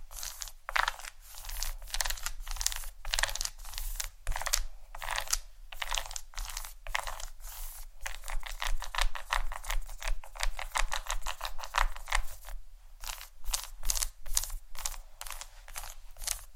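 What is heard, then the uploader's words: Fingers tap and scratch on a piece of chocolate in a continuous run of dry, bright clicks. The taps come fast and fairly regular throughout, with short scraping stretches blending in around the middle, and a low steady hum underneath. ASMR Tap & Scratch On Chocolate （No Talking）.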